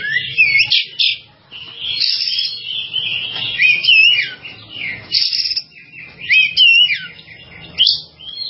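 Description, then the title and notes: Bird giving a lively, varied song of chirps, rising and falling whistles and fast twitters, delivered in bursts with short gaps. "Bird Sound. Kicau Burung Lengkap"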